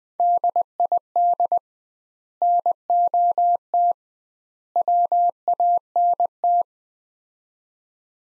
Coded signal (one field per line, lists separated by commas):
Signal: Morse code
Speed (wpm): 21 wpm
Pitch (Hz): 700 Hz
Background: none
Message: DID NOT WANT